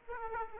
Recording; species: mosquito wingbeat signal from an infrared sensor; Aedes aegypti